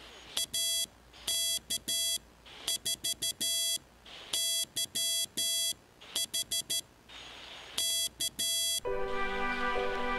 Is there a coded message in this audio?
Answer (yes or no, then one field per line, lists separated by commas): yes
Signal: Morse code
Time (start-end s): 0.4-8.8 s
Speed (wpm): 12 wpm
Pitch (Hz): 3350 Hz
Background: music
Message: AK4YH K